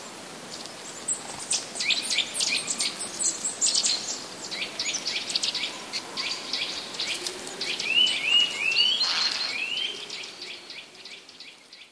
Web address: kowalik kowaliki